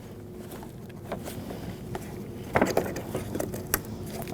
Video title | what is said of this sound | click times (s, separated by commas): How to Replace Headlights 2010-2024 Toyota 4Runner | I can hear the click, which is a good sound. | 3.7 s